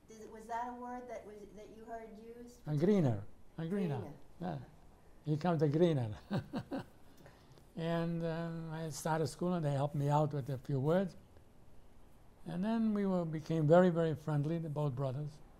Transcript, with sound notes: Did — was that a word that was — that you heard used?
A greener. A greener.
Greener.
Yeah. "Here comes the greener." [laughs] And I started school and they helped me out with a few words. And then we were — became very, very friendly, the both brothers.